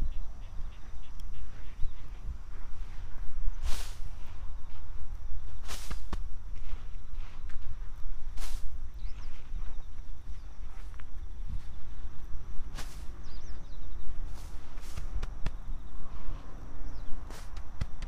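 Planting garlic outdoors on an autumn evening: sharp digging and scraping sounds strike every second or two, some bright and snappy. A steady low rumble of passing cars runs underneath, and thin insect and bird calls sit faintly in the background.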